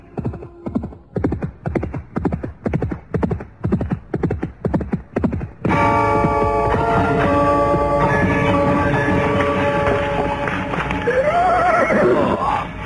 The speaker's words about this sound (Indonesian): Di dalam keheningan itu, tiba-tiba mereka dikejutkan oleh suara derap seekor kuda yang datang dengan cepatnya.